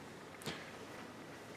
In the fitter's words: once that's locked into place you'll need a piece of tape